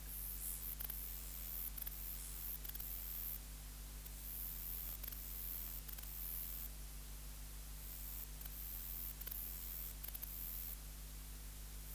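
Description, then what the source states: Conocephalus semivittatus buzzing in a shrill, sustained high-pitched trill with occasional short breaks, set against a constant low hum. Subspecies Conocephalus semivittatus semivittatus.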